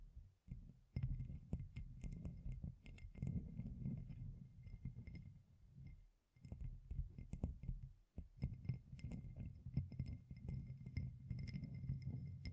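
Gem-covered fingertips tap and scratch in a dense, continuous rustle, mostly low and soft with bright little clicks and glints of the gems sprinkled throughout. The sound pauses briefly near the start, around six seconds, and again near eight seconds before resuming.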